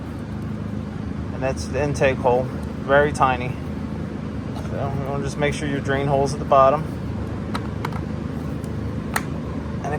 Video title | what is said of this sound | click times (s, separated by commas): 1984 Suzuki LT50 ignition coil and air filter replacement | it clicks into place just like that | 9.2 s